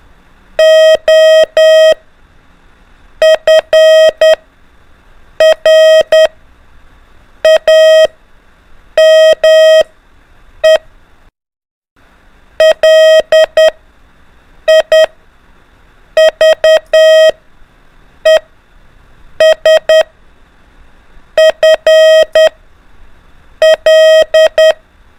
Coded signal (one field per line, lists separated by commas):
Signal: Morse code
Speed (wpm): 10 wpm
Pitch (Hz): 630 Hz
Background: none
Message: OF RAME LIVES FL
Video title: A - Z ALPHABET ONLY MORSE CODE PRACTICE MODE | LISTEN AND DECODE 5 MINS IN A DAY